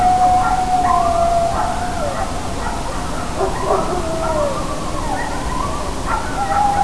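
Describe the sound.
Coyote howl that starts as a long steady wail, then breaks into a burst of quick yips and yelps, with one more drawn-out howl near the end.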